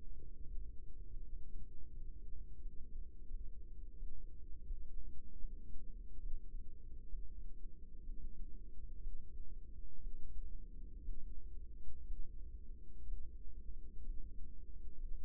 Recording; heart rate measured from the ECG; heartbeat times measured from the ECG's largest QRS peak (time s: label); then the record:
heart sounds by microphone in the right ear; 70 bpm
0.37 s: heartbeat
1.13 s: heartbeat
1.86 s: heartbeat
2.57 s: heartbeat
3.25 s: heartbeat
3.94 s: heartbeat
4.63 s: heartbeat
5.36 s: heartbeat
6.17 s: heartbeat
7.06 s: heartbeat
8.01 s: heartbeat
8.99 s: heartbeat
9.99 s: heartbeat
11.01 s: heartbeat
12.03 s: heartbeat
13.04 s: heartbeat
14.01 s: heartbeat
14.95 s: heartbeat
From the record:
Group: healthy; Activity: Valsalva maneuver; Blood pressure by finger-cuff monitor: 123/74 mmHg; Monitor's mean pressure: 89 mmHg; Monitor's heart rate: 67 bpm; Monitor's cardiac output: 5.9 L/min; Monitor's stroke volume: 75 mL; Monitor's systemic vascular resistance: 1110 dyn s/cm5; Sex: female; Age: 23 years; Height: 160 cm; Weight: 50.4 kg